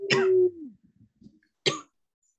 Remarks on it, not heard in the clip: I'm hungover. I'm over here fucking coughing into my mic.